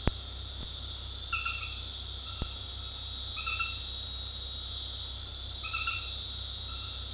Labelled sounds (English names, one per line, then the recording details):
none
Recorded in dense forest near Puerto Asís, Putumayo, Colombia, on 19 February 2024 at 21:30
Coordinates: 0.485, -76.322
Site G6406